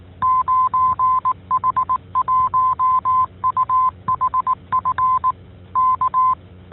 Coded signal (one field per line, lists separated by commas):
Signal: Morse code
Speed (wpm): 18 wpm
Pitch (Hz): 1030 Hz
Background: none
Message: 9H1UHF K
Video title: 45. 9H-HAM GlobalNet - Main topic: Open [22 Dec 2022]